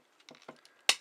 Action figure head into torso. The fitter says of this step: and just go down and just hear it snap really just feel like it's going to break but it's not